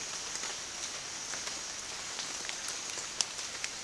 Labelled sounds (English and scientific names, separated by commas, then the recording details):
none
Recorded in dense forest near Puerto Asís, Putumayo, Colombia, on 27 June 2025 at 13:00
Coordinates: 0.468, -76.322
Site GP03